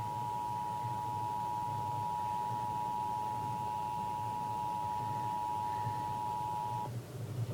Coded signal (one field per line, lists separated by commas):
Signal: Emergency Alert System (SAME) tones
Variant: 853 and 960 Hz attention tone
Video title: EAS - Required Monthly Test #4